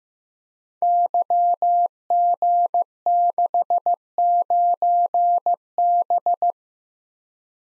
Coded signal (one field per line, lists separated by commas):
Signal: Morse code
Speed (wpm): 15 wpm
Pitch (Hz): 700 Hz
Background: none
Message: YG69B